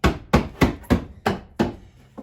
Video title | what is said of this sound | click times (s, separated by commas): Repair a dent in a painted plastic bumper under 10 minutes | remember how those little teeth grab there it just did its thing again you can hear them snap into place and | 0.1 s, 0.3 s, 0.6 s, 0.9 s, 1.3 s, 1.6 s